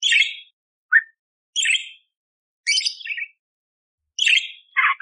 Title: Masteran Burung Parkit Gacor Jernih Full Isian Tembakan Kasar Cocok Buat Kacer